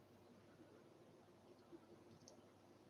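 A plastic differential part is pressed into the brick chassis of a LEGO Ford F-150 Raptor model over a low, steady background hiss. There are faint soft handling rustles, then a single sharp click at 2.3 s as the differential part snaps into place and is seated.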